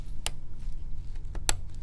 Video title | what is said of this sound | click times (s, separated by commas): HPE ProLiant DL20 Gen9 G9 Server Overview - Memory Install Review & Tips - How to Configure DDR4 RAM | So you want to hear these 2 clicks. | 0.3 s, 1.5 s